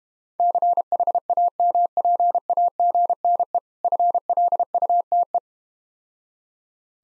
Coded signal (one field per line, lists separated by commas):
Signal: Morse code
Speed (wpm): 32 wpm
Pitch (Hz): 700 Hz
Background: none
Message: CHAMPAGNE FLUTE